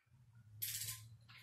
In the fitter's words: in a crisscross and that click sound it means that I've reached 85 foot pounds so